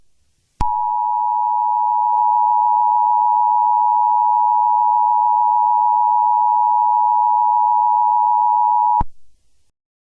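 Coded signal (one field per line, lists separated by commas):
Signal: Emergency Alert System (SAME) tones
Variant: 853 and 960 Hz attention tone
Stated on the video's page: Fictional Emergency Alert System scenario themed on Five Nights at Sonic's, not a real alert.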